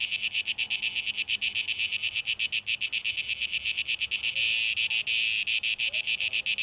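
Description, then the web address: Cicada song of rapid high pulses that merge briefly into an unbroken, intense buzz late on, then resume pulsing. Cicadas recorded on 12 August 2023, tape echo mix. "rauschpartikel Audio 2023-08-12 Zikaden"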